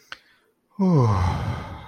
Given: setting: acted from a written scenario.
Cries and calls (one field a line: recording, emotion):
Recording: vocal sound without words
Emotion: relief